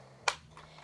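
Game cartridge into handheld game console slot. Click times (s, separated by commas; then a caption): 0.3 s. A game cartridge is pushed into the slot of an old Game Boy handheld console, giving one sharp, loud click at 0.3 s followed by a fainter soft sound around 0.6 s. The cartridge seats fully in the slot.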